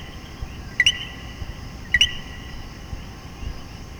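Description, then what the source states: Common coquí calling twice, about a second apart, each a short two-part note climbing from a low tone to a bright rising chirp over steady background noise. Puerto Rico.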